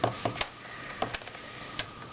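Someone presses the plastic display bezel of an HP Pavilion dm4 laptop back onto the display lid over the new screen, working around the edges by hand. Short, sharp clicks and taps sound over a quiet background hiss, with the loudest near 0.4 s and 2.2 s. Nothing has seated or snapped into place yet.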